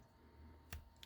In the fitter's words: it will soft lock into place